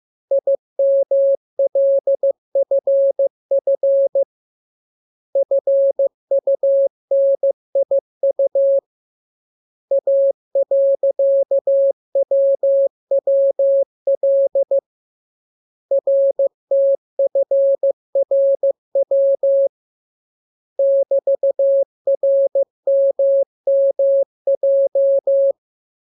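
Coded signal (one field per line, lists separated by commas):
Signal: Morse code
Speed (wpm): 15 wpm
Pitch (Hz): 550 Hz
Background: none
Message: IMLFF FUNIU A.WWL RTFRW <BT>RMMJ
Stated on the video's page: Morse lesson 17 radiogram practice, preceded by VVV and section sign, ending with AR.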